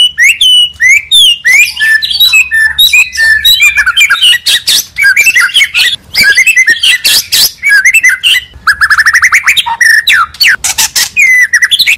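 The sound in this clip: Magpie-robin singing a long, busy medley of sweet whistles, scratchy notes and rapid chirps, with a trilled run near the end and only brief pauses.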